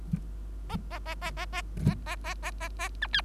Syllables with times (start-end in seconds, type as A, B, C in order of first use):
0.69-0.77 A, 0.91-0.99 A, 1.05-1.15 A, 1.21-1.31 A, 1.36-1.46 A, 1.52-1.62 A, 1.85-1.95 A, 2.06-2.16 A, 2.24-2.34 A, 2.42-2.51 A, 2.60-2.69 A, 2.79-2.89 A, 3.01-3.07 B, 3.13-3.21 C